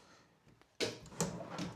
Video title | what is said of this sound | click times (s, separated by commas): How to Build drawer like a pro ! | you hear like a click and then they're engaged and they should soft close. | 0.8 s, 1.2 s